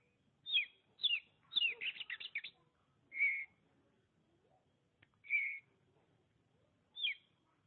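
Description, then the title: Oriental magpie-robin song: slurred whistles and a quick chattering run, followed by two steady whistled notes and a final slurred whistle. "Suara Kicauan Burung Kacer Durasi Panjang"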